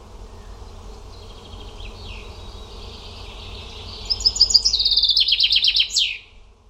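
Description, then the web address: Bird song: faint, thin warbling builds into a loud, rapid high trill of evenly spaced notes lasting about two seconds, ending in a sharp downward sweep. "cianscape birddata Deverinetal 2025 File origin Bird Only"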